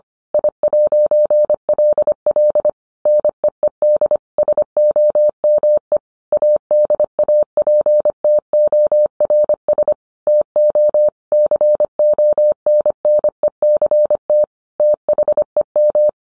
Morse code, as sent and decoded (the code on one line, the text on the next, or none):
.. .----. .-.. .-.. / -. . . -.. / ... --- -- . / .- -.. .- .--. - --- .-. ... / - --- / -.-. --- -. -. . -.-. - / - .... . --
I'LL NEED SOME ADAPTORS TO CONNECT THEM